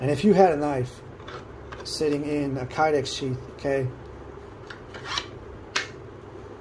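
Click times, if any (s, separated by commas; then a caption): 5.8 s. An ESEE 6 Desert Tan knife is slid into its kydex sheath while someone talks. Rubbing sounds give way to a sharp retention click at 5.8 s as the knife seats in the sheath.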